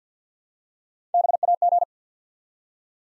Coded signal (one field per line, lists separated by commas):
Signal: Morse code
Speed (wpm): 50 wpm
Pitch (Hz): 700 Hz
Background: none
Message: BAG